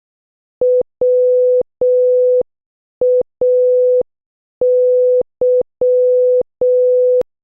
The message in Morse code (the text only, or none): WAY